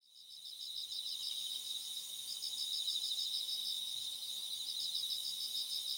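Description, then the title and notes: Insects buzzing in a shrill, continuous high chorus with a rapid pulsed trill, fading in at the start and holding steady. Thousands of insects together. "thousands of insects. miduno"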